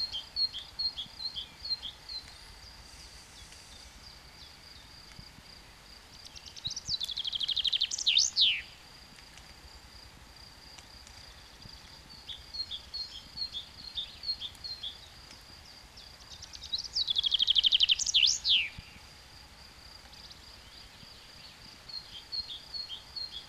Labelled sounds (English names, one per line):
Common Chaffinch song